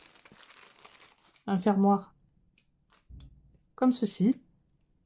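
A metal magnetic/clip bag clasp is handled on a crocheted handbag, with faint crinkling and rustling while someone talks. Short sharp taps sound at about 2.6 s and 3.2 s. The clasp has not yet clipped shut, and nothing has seated or clicked.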